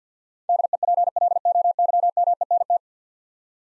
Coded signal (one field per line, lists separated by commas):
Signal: Morse code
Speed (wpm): 50 wpm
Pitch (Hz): 700 Hz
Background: none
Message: DEPLOYMENT